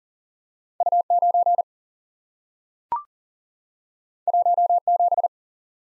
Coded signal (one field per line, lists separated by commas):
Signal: Morse code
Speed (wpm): 43 wpm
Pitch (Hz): 700 Hz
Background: none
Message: U 9 1 7